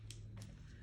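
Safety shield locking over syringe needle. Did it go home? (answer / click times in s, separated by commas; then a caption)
yes / 0.1 s. A plastic safety shield is pulled up over a used syringe needle after an injection and snaps locked with a sharp click at 0.1 s, followed by a softer rustle and a second small tick around 0.4 s. A steady low hum runs underneath. The shield is seated, leaving the needle secure and locked.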